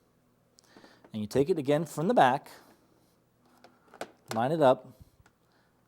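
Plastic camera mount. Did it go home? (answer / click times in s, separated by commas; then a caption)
no / none. Someone talks while a Sony camera is lined up from the back with its wedge and notch against a tripod quick-release mount plate, with a few faint handling knocks. The camera is only being handled and positioned; nothing has clicked or seated onto the mount yet.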